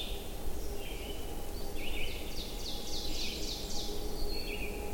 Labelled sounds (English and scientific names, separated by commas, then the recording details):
Ovenbird (Seiurus aurocapilla) song
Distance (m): 60 m
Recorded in boreal forest in Alberta, Canada, on 22 June 2016 at 05:37
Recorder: SongMeter 3, array SBT-6-76
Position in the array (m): 150 m, 110 m
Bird 3